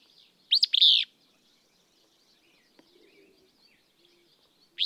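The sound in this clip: Willow flycatcher singing a buzzy, sneezy two-part phrase near the start, then a pause with faint background ticks before the next phrase begins.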